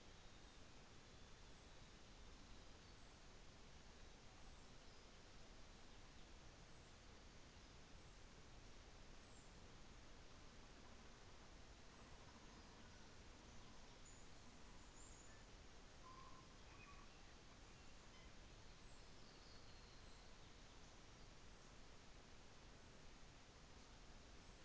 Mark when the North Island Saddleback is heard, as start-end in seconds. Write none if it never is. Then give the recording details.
none. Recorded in New Zealand on 24 December 2018. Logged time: 15:10